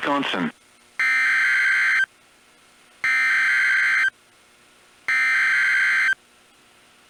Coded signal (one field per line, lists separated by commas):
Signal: Emergency Alert System (SAME) tones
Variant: header bursts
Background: speech